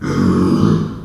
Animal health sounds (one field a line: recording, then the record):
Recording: squeal of a Yucatan mini pig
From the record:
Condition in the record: after surgery on the right vocal fold (resection and tissue-engineered implant)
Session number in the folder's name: 12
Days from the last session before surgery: 105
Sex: female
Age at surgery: 19 weeks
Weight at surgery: 25 kg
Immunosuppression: prednisolone